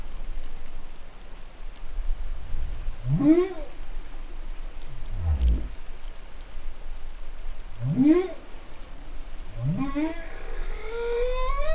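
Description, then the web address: Humpback whale song of repeated rising upsweeps, three in all, plus a deep low grunt and a final drawn-out rising tonal moan, over crackling water noise. Recorded off New Caledonia in the Pacific on 20 July 2013. "SOUNDLIB Glotin etal MEDsea Arctiqueet Pacific Baleinea Bosse Nouvelle Caledonie 20130720 Glotin"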